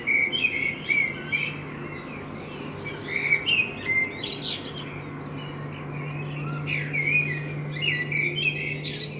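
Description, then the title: Common blackbird song of repeated fluty whistled phrases and thin chattering flourishes, over a constant low humming tone. Binaural recording made with a self-built dummy head, in front of the recordist's window; intended for headphone listening. "Kunstkopfaufnahme der Amsel vor meinem Fenster"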